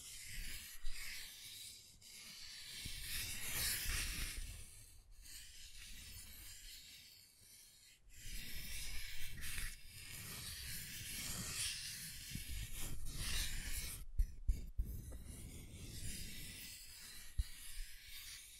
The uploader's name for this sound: Scratching & Tracing